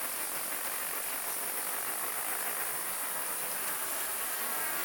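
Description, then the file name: Cicada song: one continuous, unbroken hissing buzz that is brightest in the highest register and runs steadily throughout without pauses or pulses. "dimissa"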